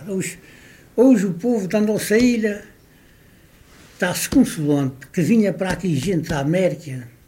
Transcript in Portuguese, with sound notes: Hoje Hoje o povo da nossa ilha [pausa] está-se consolando! Porque vinha para aqui gente da América